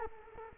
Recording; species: mosquito wingbeat signal from an infrared sensor; Culex quinquefasciatus